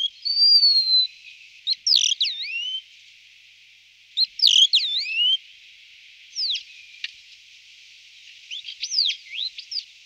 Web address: sound Wallcreeper. صدای-پرنده-دیوارخزک